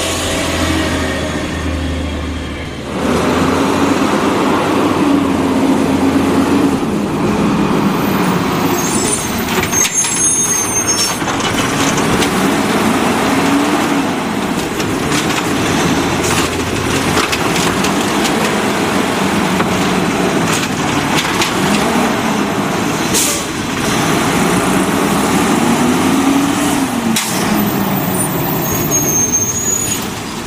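A garbage truck runs with a steady low engine rumble that swells and eases, its pitch drifting through the clip. Brief hissing bursts and high squeals cut in near the start and around 10, 23 and 28 seconds, like air brakes and hydraulics.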